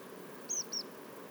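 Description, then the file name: Tree pipit calls: two short, high notes in quick succession, with quiet background noise. Tree pipits at Portland, 16 August 2021. "Tree-Pipits-Portland-210816"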